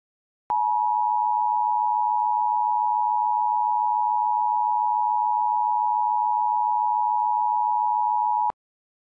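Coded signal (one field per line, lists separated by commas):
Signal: Emergency Alert System (SAME) tones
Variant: 853 and 960 Hz attention tone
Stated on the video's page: Recreation of a TV EAS Tornado Warning as broadcast by Xfinity on an X1 HD DVR cable box.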